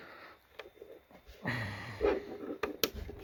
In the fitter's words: didn't hear the click on this side though